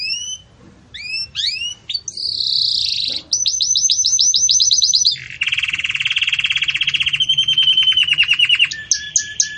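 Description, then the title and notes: Belgian canary song opening with slurred whistles, followed by long rolling trills that step down in pitch, ending with short ringing notes. Belgian canary, song style called campainha (bell), recorded for tutoring young canaries being raised. "Belíssimo Canto Do Canário Belga Campainha Para Encarte De Filhotes. CANARIO"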